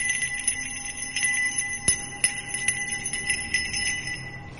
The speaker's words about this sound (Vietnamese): Một hồi thầy dừng lại, lấy từ trong tay nải ra một cái chuông nhỏ, có lẽ được đúc bằng đồng thau đen sao. Thầy bắt đầu rung chuông, vang lên những tiếng lanh lảnh.